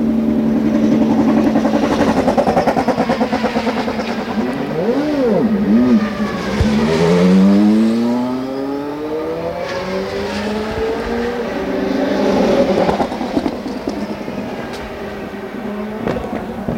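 IndyCar engines scream steadily throughout, their pitch sliding up and down as cars rev and sweep past. Around five to six seconds the whine wobbles quickly, then climbs in long rising sweeps near seven to nine seconds, with several overlapping engine notes later on.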